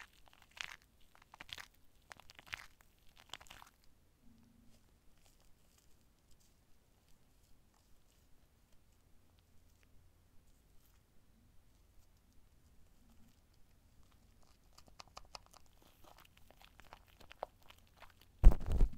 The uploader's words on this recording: Super TINGLY Shaving Gel.